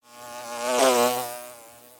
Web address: Blastwave. Bee, Fly, By, Wings, Buzz, Insect, Bug